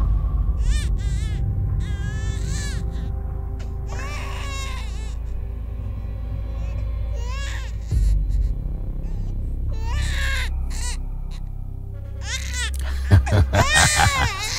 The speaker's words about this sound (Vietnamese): Chúng nó ngước mắt lên nhìn Chí Béo, rồi đột nhiên cả 2 đứa cùng cất lên tiếng khóc. Trong đêm, âm thanh của tiếng khóc nghe đến rợn hết cả người.